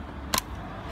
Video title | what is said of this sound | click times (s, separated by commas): How to turn the Baby Jogger City Mini buggy into a travel system | it click and you know it if | 0.4 s